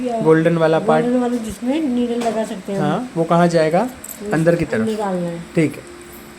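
An articaine anesthetic cartridge is being placed into a dental cartridge syringe, gold end toward the needle side, while someone talks throughout. The syringe has not yet been closed over the glass cartridge, and nothing has seated or clicked yet.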